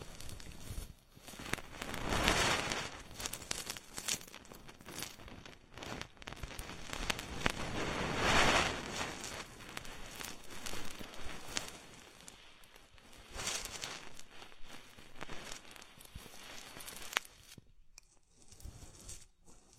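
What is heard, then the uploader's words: Body oil massage with a bubble bath: a dense, crackling fizz of bursting bubbles runs throughout, mixed with slick rubbing strokes. Louder swells of rubbing come around two and eight seconds, with softer ones later, and the sound briefly dips near eighteen seconds. Body oil massage and bubble bath.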